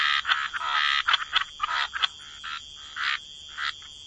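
Frogs croaking in a chorus, short rasping calls in irregular bursts, with a steady high tone throughout.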